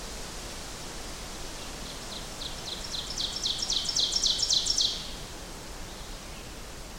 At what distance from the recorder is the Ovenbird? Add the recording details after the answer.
about 30 m. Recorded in boreal forest in Alberta, Canada, on 14 June 2016 at 08:23. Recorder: SongMeter 3, array SBT-3-33. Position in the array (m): 109 m, 144 m. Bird 21